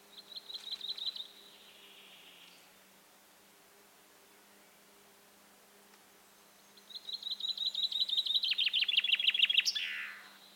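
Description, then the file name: Common chaffinch gives a brief trill that fades, then after a pause a full song: a loud descending rattle of notes closing with a sweeping flourish. "Fringilla coelebs"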